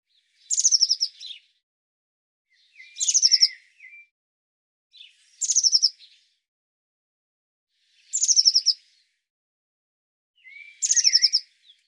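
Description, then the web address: Eurasian blue tit calls: short, high, rapid trills sliding downward, repeated about every two and a half seconds, some with lower buzzy notes tacked on. "cianscape birddata Deverinetal 2025 File cleaned normalized Bird Cy Ca"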